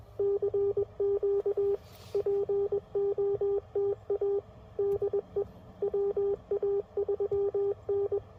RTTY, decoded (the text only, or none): none